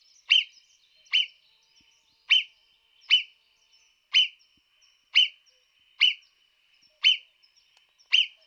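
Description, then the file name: Marmot giving sharp, high, piercing whistles, each short and abrupt. Nine whistles come at roughly one-second intervals, with a faint steady high tone in the background. "Marmotta da xenocanto"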